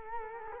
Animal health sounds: mosquito wingbeat signal from an infrared sensor; Culex quinquefasciatus

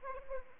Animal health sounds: mosquito wingbeat signal from an infrared sensor; Anopheles arabiensis

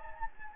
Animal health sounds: mosquito wingbeat signal from an infrared sensor; Anopheles gambiae

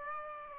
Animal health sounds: mosquito wingbeat signal from an infrared sensor; Aedes aegypti

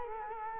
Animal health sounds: mosquito wingbeat signal from an infrared sensor; Culex quinquefasciatus

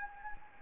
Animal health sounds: mosquito wingbeat signal from an infrared sensor; Anopheles gambiae

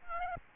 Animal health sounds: mosquito wingbeat signal from an infrared sensor; Aedes albopictus

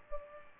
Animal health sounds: mosquito wingbeat signal from an infrared sensor; Culex pipiens

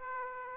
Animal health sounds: mosquito wingbeat signal from an infrared sensor; Aedes aegypti

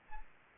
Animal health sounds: mosquito wingbeat signal from an infrared sensor; Aedes aegypti

